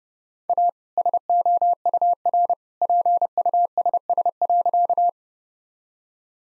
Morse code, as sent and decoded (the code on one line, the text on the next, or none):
.- / ... --- ..- .-. / .--. ..- ... ... .-.-.-
A SOUR PUSS.